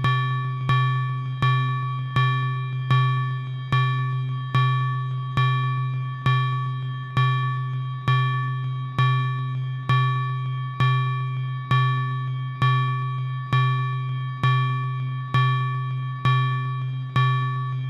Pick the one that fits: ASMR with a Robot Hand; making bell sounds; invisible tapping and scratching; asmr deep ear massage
making bell sounds